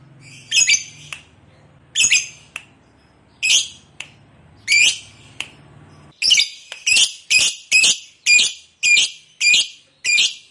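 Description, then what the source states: Lovebird sounding spaced harsh squawks with sharp chips, then a quicker, steady run of loud rasping squawks about twice a second. Fighter lovebird, described as gacor, singing energetically.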